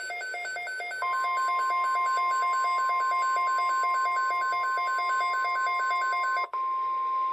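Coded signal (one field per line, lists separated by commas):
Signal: Emergency Alert System (SAME) tones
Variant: 1050 Hz attention tone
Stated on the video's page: Poor-quality EAS alert captures made away from home.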